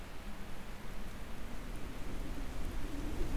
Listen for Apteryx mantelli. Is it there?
no